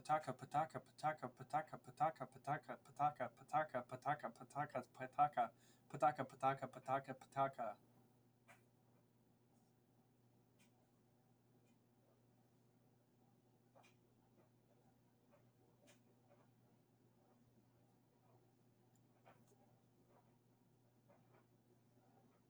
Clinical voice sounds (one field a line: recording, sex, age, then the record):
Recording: repeated syllables /pa ta ka/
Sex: male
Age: 20 to 29 years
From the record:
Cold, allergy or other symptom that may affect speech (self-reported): no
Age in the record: 20 years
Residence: Indiana, United States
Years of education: 15